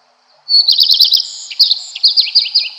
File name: Golosa ptic - Gorihvostka lysushka